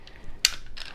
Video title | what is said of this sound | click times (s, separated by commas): How to Remove & Disassemble a Firing Pin from an M&P Shield | we take this slide pull to the rear once you hear the click from the slide lock releasing | 0.5 s